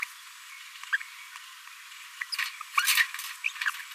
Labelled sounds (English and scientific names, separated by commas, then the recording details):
Green-rumped Parrotlet (Forpus passerinus) babbling
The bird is a male
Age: 26 days
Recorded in a nest box in Venezuela
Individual 17B42A3